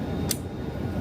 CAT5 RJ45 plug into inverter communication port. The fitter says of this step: so that's going to click right in and